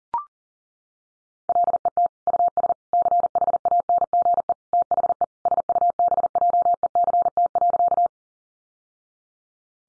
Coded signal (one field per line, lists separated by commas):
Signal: Morse code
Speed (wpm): 40 wpm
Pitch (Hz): 700 Hz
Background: none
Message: LET US CHANGE THE SUBJECT.